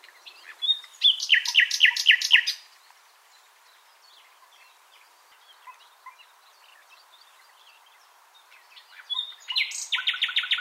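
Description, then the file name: Common nightingale song: a phrase of rapid, rich repeated notes, a quiet pause with faint scattered notes, then another loud, fast repeated phrase. "Luscinia megarhynchos"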